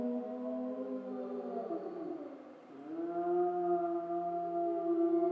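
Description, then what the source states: Grey wolf howls, steady held tones that sag into a low dip midway and then return as long, even notes. Several wolves recorded in Schorfheide on 29 October 2015.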